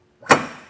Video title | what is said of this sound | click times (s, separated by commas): etrailer - Stealth Hitches Hidden Rack Receiver Installation Guide - 2025 Tesla Model 3 | up and it will lock into place. But make sure you lock it after you do this step. | 0.3 s